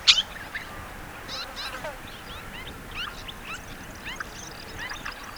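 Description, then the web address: Orange chat calls: many short, sharp chirps scattered throughout over a steady background hiss. "sound Orange-chat. صدای-پرنده-چک-نارنجی"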